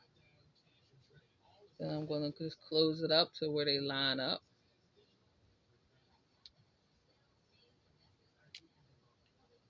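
Someone talks, then the twist lid on a plastic storage container is rotated until its alignment marks line up. Two short ticks follow, a faint one at 6.5 s and a sharper one at 8.6 s, when the lid seats and closes.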